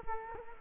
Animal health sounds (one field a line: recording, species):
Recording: mosquito wingbeat signal from an infrared sensor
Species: Culex quinquefasciatus